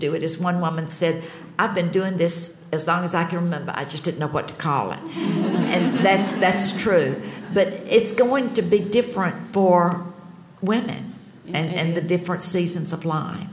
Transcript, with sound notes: As one woman said, "I've been doing this as long as I can remember-I just didn't know what to call it." [laughter] And that's true. But it's going to be different for women in the different seasons of life.